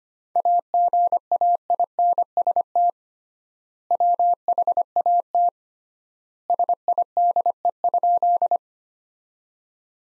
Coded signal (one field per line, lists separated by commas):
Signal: Morse code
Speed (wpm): 25 wpm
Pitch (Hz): 700 Hz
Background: none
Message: AGAINST WHAT SIDE?